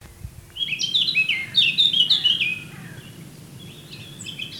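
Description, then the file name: Eurasian blackcap song: one loud phrase of rapid, slurred whistled notes, followed by quieter scattered high chirps over steady low background noise. "Sylvia atricapilla"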